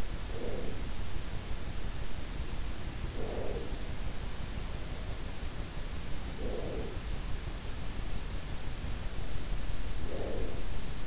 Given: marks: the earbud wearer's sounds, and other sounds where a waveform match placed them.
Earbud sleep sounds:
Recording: sounds in sleep by an in-ear microphone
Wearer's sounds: breath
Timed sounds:
0.00-1.20 s: breath
2.89-4.29 s: breath
6.01-7.51 s: breath
9.77-11.07 s: breath

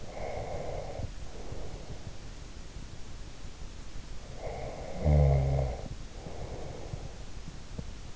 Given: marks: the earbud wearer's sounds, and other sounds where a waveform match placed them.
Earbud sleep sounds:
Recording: sounds in sleep by an in-ear microphone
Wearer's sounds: breath, snoring breath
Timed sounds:
0.00-2.18 s: breath
4.31-7.44 s: snoring breath

